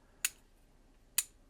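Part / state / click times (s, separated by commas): USB connector slide or swivel mechanism in a metal flash drive case / seated / 0.2 s, 1.2 s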